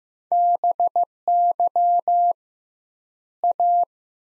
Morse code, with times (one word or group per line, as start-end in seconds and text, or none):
0.3-2.3 BY
3.4-3.8 A